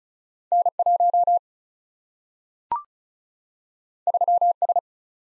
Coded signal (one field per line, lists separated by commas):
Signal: Morse code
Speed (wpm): 36 wpm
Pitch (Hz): 700 Hz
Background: none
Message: N 1 3 S